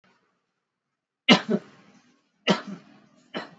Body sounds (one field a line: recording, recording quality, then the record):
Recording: heavy voluntary cough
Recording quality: excellent, no background noise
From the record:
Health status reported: exposed to COVID-19, no respiratory illness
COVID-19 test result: not tested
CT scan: not taken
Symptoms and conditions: none ticked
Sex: male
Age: 24 years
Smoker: no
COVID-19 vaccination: both doses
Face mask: worn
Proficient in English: yes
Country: India